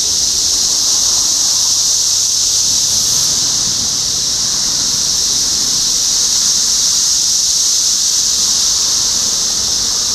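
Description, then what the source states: Cicadas in a loud continuous high buzzing chorus; a low hum is faintly heard near the start. Several cicadas recorded in Topeka, Kansas, on 14 June 2015.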